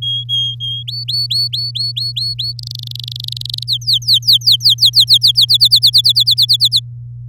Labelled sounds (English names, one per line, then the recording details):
Domestic Canary song
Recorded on 9 May 2018 at 06:08
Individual llb16